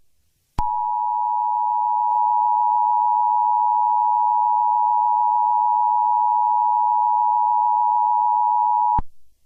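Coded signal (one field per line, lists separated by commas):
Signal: Emergency Alert System (SAME) tones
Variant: 853 and 960 Hz attention tone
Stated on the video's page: Fictional EAS scenario using valid EAS tones.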